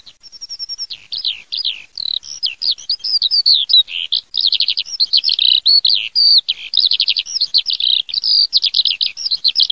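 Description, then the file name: Eurasian skylark song, a continuous rapid stream of high warbled, trilled and buzzy notes, with no other sounds. "ALLODOLA"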